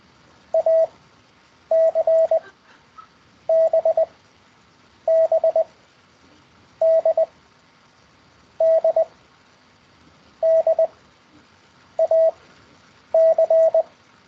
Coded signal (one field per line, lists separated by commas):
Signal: Morse code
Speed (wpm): 20 wpm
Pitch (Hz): 650 Hz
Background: none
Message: A C B B D D D A C